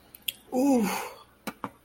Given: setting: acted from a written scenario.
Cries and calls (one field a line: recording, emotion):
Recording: vocal sound without words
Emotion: sympathy